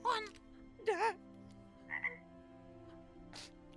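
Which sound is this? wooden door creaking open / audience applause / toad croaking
toad croaking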